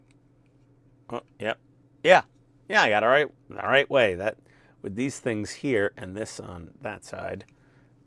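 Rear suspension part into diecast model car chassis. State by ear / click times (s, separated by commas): not seated / none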